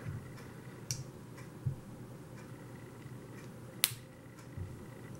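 A plastic toy weapon is pushed into its storage slot on the roll cage of an X-Transbots Arkose transforming robot toy. A faint tick comes at 0.9 s over a low hiss, then a loud, sharp plastic snap at 3.8 s. The weapon is seated in place.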